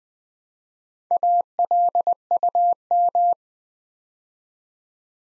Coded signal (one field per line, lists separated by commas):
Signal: Morse code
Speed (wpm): 20 wpm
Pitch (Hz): 700 Hz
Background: none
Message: ALUM